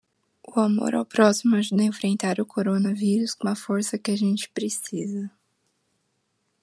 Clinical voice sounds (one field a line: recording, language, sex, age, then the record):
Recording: spoken sentence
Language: Brazilian Portuguese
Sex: female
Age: 20 to 29 years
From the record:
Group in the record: control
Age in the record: 21 years